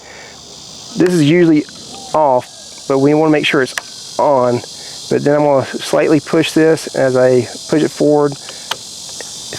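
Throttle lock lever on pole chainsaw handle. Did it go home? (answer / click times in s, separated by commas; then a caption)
yes / 8.7 s. Someone talks while pushing the plastic throttle lock lever forward on the handle of a MAXTRA adjustable pole chainsaw to set the start position, over a steady high-pitched background buzz. The lever latches in place with a sharp click at 8.7 s.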